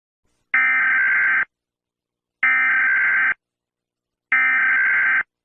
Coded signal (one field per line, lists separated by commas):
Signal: Emergency Alert System (SAME) tones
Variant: header bursts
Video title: EAS I made (not the sound)